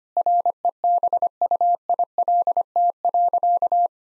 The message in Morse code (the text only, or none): REBUILT.